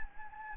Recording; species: mosquito wingbeat signal from an infrared sensor; Anopheles gambiae